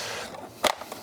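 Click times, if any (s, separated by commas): 0.7 s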